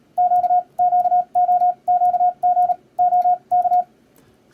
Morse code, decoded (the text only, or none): Q QO QG O K